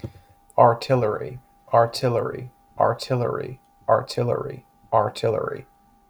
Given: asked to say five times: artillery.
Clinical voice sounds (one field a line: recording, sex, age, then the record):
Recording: repeated word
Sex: male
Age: 20 to 29 years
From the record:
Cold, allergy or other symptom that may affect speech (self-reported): no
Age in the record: 28 years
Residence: Pennsylvania, United States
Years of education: 16